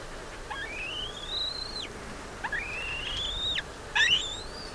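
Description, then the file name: Black-breasted buzzard making three long rising whistles, the first two climbing slowly then dropping sharply at the end. "Hamirostra Melanosternon"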